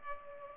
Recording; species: mosquito wingbeat signal from an infrared sensor; Culex pipiens